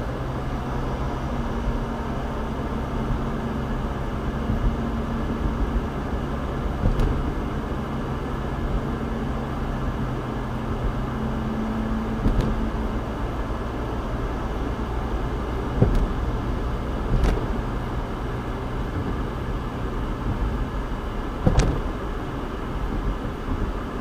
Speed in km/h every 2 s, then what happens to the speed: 56, 63, 64, 68, 69, 69, 72, 74, 76, 76, 76, 74.
1-15 speeds up to 76. 15-24 steady at about 76.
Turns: none.